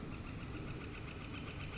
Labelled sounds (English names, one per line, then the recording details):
Northern Flicker
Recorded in Sonoma County, California